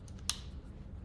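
An XLR cable connector is pushed back into a microphone and latches with a sharp, bright snap at 0.3 s, preceded by two faint ticks near 0.1 and 0.2 s. A low steady hum sits underneath throughout. The connector is seated.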